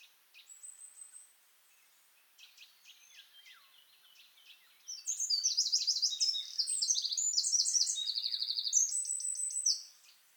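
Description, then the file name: Eurasian wren song bursts in after five seconds: rapid high trills and rattles; softer bird notes precede it. "Troglodytes troglodytes"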